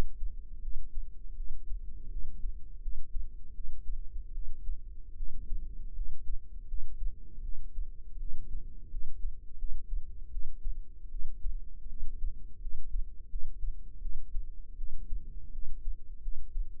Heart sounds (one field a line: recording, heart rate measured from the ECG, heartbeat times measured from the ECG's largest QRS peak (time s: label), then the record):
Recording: heart sounds by microphone in the right ear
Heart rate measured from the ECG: 81 bpm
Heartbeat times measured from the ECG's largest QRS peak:
0.60 s: heartbeat
1.35 s: heartbeat
2.09 s: heartbeat
2.80 s: heartbeat
3.53 s: heartbeat
4.32 s: heartbeat
5.15 s: heartbeat
5.93 s: heartbeat
6.66 s: heartbeat
7.42 s: heartbeat
8.18 s: heartbeat
8.89 s: heartbeat
9.57 s: heartbeat
10.30 s: heartbeat
11.09 s: heartbeat
11.87 s: heartbeat
12.59 s: heartbeat
13.28 s: heartbeat
14.00 s: heartbeat
14.76 s: heartbeat
15.51 s: heartbeat
16.21 s: heartbeat
From the record:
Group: healthy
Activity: rest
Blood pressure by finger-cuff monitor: 108/73 mmHg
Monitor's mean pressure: 85 mmHg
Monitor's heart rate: 81 bpm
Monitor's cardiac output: 6.6 L/min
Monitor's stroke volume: 81 mL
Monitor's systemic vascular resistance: 950 dyn s/cm5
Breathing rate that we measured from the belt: 18 breaths a minute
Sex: female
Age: 22 years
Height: 157 cm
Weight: 47.6 kg